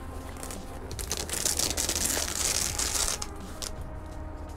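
The unzipped fabric/vinyl soft-top window panel of a Mercedes G-Wagon 240GD off-road vehicle is rolled up by hand before fastening. Steady crinkling and rustling swell into sharp crackles between about 1.5 and 3.1 seconds, then ease off. The window has not yet snapped in place.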